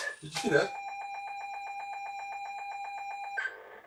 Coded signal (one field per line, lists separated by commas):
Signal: ZX Spectrum tape loading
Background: speech